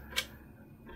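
The small button of the PCIe x16 slot's quick-release latch on a Gigabyte B850 AORUS ELITE WiFi7 motherboard is pressed so the graphics card can be removed. A single short, bright click sounds at 0.2 s against a quiet background, and the latch is released open.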